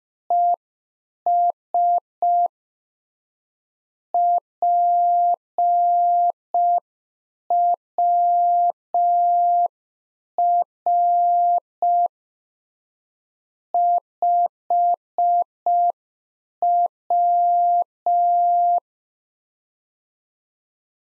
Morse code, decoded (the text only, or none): ES PWR 5W